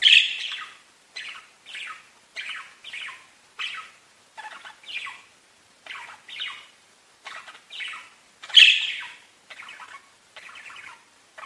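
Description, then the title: Budgerigar chirping: short, scratchy squawked notes repeated roughly twice a second, separated by clear silent gaps, one louder squawk near the end. "Budgie Sounds"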